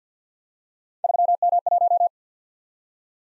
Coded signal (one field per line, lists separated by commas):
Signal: Morse code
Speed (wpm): 52 wpm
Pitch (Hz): 700 Hz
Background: none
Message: 3M1